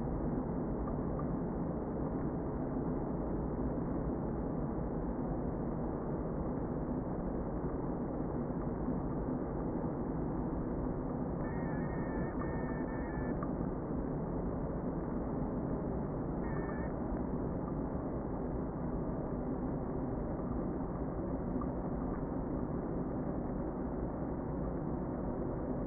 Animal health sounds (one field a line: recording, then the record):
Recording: honeybee colony, microphone inside the hive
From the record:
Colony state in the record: queen present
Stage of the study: before two queens were removed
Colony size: about 60,000 bees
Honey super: yes